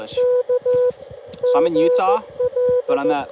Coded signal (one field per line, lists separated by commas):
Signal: Morse code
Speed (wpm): 16 wpm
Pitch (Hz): 500 Hz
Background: speech, radio noise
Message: K GL